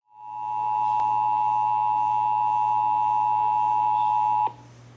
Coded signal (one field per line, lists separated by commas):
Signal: Emergency Alert System (SAME) tones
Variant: 853 and 960 Hz attention tone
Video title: (EAS #229) Child Abduction Emergency (KSCS-FM)